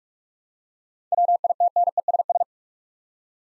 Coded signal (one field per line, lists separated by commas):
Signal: Morse code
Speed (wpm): 45 wpm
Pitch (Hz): 700 Hz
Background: none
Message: WITNESS